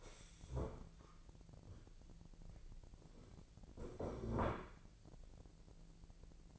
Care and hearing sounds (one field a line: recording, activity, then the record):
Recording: daily activity, microphone in the room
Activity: stand up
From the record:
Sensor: 5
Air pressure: 1002.0 hPa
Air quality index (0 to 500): 247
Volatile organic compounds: 30 ppm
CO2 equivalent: 2966 ppm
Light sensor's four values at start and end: 41/96/40/44 and 41/97/40/44